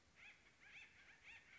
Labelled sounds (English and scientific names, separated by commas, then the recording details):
Acorn Woodpecker (Melanerpes formicivorus)
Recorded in Sonoma County, California